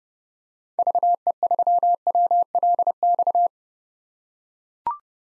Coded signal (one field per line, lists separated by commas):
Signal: Morse code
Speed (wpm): 32 wpm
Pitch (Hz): 700 Hz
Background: none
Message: VE3WLX